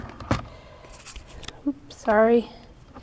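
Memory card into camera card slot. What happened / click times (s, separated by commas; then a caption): A small card is handled at its slot but has not seated yet / none. A memory card is handled at a camera's card slot under the opened compartment door, to go in number side up. There are a few short handling ticks and taps, and someone talks briefly. Nothing has seated or clicked yet.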